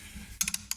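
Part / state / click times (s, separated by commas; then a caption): barrel band retaining spring on the carbine stock and barrel band / seated / 0.4 s, 0.7 s. During reassembly of an M1 Carbine, the barrel band retaining spring in the wooden stock is compressed so the steel barrel band slides on, and the spring snaps back into place. Sharp metallic clicks land at 0.4 s and 0.7 s, with two lighter ticks between them at about 0.5 s, over a quiet low background. The spring is seated back in place.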